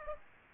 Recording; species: mosquito wingbeat signal from an infrared sensor; Aedes aegypti